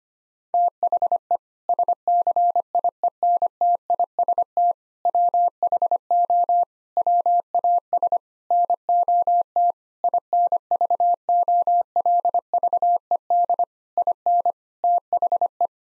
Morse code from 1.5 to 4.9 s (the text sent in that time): SCIENTIST